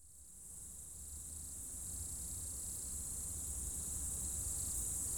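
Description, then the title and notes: Insect chorus, a dense continuous high buzzing trill that swells in over the first seconds and holds steady, with a low rumble beneath. Insects in the roadside bank and trees at dusk, first hairpin bend of a mountain pass road at Bourdeau, France; Tascam DAP1 DAT recorder. "Dans la première épingle de la route du col du Chat à Bourdeau, insectes dans le talus et les arbres au crépuscule"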